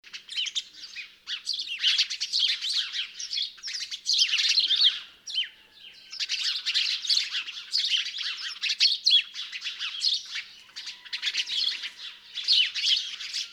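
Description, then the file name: House sparrow calls, bursts of dense overlapping chirps lasting a few seconds each, separated by brief quieter gaps. "Passer domesticus"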